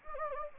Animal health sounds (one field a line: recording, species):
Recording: mosquito wingbeat signal from an infrared sensor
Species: Anopheles gambiae